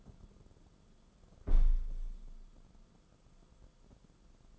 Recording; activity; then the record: daily activity, microphone in the room; close window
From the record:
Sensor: 5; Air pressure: 994.4 hPa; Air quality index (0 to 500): 186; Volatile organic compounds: 1000 ppm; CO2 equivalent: 5470 ppm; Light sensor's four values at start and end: 9/23/9/10 and 9/22/9/10